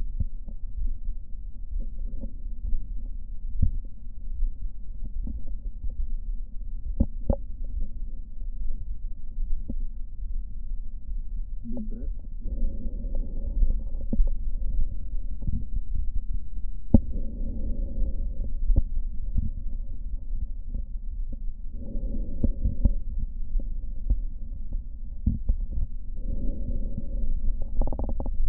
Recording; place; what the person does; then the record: lung sounds by stethoscope; right posterior basal chest; quiet breathing, then deep breathing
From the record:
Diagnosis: none (healthy); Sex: male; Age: 30 years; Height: 190 cm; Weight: 88 kg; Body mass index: 24.4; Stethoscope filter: diaphragm mode